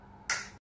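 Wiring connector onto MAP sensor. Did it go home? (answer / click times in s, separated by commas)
yes / 0.3 s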